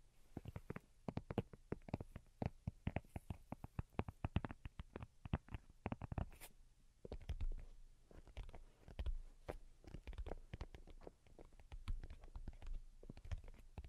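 Delicate tapping comes in quick, uneven clusters of light clicks, dense through the first six seconds and again later, with brief thinner stretches between. Each tap is short and crisp, with a soft low thump beneath some, and a faint hiss sits underneath throughout.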